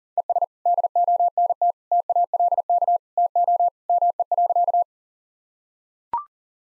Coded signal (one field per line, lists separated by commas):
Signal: Morse code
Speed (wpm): 37 wpm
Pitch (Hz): 700 Hz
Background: none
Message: ES DONT TALK TO ME.